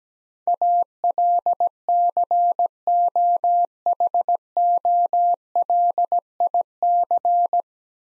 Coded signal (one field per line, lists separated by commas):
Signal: Morse code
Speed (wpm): 17 wpm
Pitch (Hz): 700 Hz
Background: none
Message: ALCOHOLIC